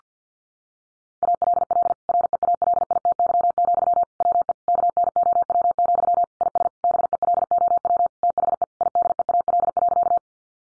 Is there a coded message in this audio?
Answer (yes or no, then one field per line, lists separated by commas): yes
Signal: Morse code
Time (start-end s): 1.2-10.2 s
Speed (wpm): 48 wpm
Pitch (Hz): 700 Hz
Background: none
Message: ALL REALITY, WE KNOW, IS BELOW THE IDEAL.